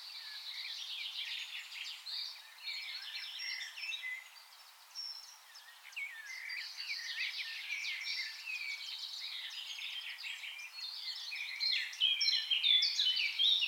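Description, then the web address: Eurasian blackcap in a long, unbroken run of quick scratchy warbling, briefly softer midway, then louder with clear whistled notes near the end. "SETE data Sylvia atricapilla"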